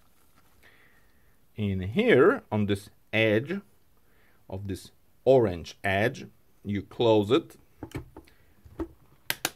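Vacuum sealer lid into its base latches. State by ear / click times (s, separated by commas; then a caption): seated / 9.3 s, 9.4 s. A bag is laid on the orange edge of a vacuum sealer and the plastic lid is pressed closed onto its base while someone talks. Two sharp clicks at 9.3 and 9.5 seconds mark both side latches catching, and the lid is seated and latched.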